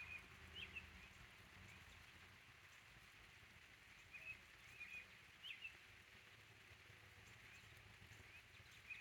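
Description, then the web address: Bird gives brief high chirps in loose clusters, separated by a few seconds, against constant rain hiss and a low rumble. "codly ambient-or-nature birds in the rain"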